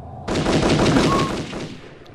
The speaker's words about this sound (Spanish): mientras Armando limpia su arma, accidentalmente se produce un disparo que le atraviesa la cabeza de lado a lado